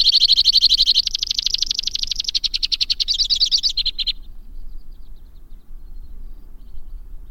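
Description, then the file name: White-winged crossbill song: a high, fast trill that shifts between buzzy and rattling sections, then stops, leaving quiet background. "suara kicauan burung white winged crossbill. omkicau"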